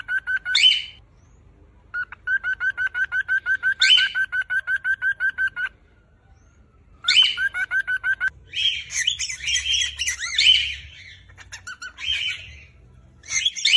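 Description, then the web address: Cockatiel calls: runs of quick, even chirps, broken by sharp screeches, then a noisy stretch of overlapping harsh calls. Screams of a female and a male cockatiel. "cockatiel. صدای-جیغ-عروس-هلندی-ماده-و-نر"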